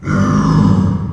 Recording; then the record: squeal of a Yucatan mini pig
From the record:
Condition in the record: after surgery on the right vocal fold (resection and tissue-engineered implant); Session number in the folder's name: 15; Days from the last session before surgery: 175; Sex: female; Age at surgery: 19 weeks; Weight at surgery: 25 kg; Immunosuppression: prednisolone